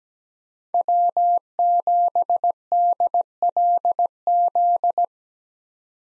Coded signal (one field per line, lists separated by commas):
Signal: Morse code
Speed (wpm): 17 wpm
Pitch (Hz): 700 Hz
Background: none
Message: W7DLZ